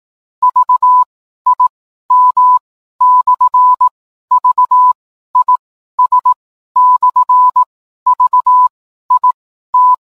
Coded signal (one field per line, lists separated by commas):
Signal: Morse code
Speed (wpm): 18 wpm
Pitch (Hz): 1000 Hz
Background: none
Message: VIM/VIS/VIT